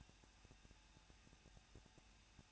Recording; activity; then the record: daily activity, microphone in the room; no activity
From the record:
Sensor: 2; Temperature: 21.0 degrees Celsius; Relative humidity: 37.4%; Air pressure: 1006.2 hPa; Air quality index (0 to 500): 222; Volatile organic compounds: 24 ppm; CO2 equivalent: 2809 ppm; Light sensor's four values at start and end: 2/3/2/2 and 2/3/2/2